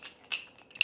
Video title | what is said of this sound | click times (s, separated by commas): Best Hinge release for a Bowhunter? New Ibex Hinge Release from Evolution Outdoors. | Pretty sweet. Let me open that. Clips on there just like that. | 0.8 s